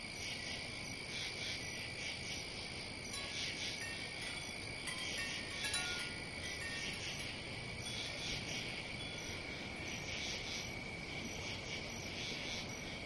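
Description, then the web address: Crickets chirping in rapid high bursts that come in irregular clusters, over a steady high drone and continuous low background noise. "сверчки"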